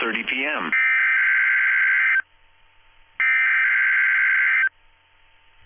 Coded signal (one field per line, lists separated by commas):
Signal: Emergency Alert System (SAME) tones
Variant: header bursts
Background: speech